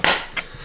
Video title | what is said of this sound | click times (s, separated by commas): How to Change a Single Socket to a Double Socket - Electrical DIY | until it clicks in place do that for both sides sides | 0.0 s